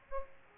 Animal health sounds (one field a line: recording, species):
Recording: mosquito wingbeat signal from an infrared sensor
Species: Aedes aegypti